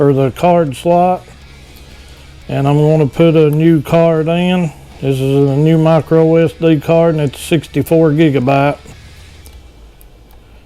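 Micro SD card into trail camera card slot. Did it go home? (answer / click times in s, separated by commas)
yes / 9.5 s, 10.0 s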